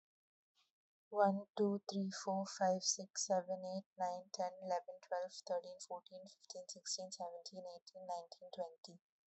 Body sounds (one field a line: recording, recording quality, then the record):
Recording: counting at a fast pace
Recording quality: excellent, no background noise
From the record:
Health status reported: COVID-19 positive, mild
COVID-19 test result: positive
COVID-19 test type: rapid antigen test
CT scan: not taken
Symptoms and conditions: fever, fatigue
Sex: female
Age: 22 years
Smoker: no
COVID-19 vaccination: both doses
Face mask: worn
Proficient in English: yes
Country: India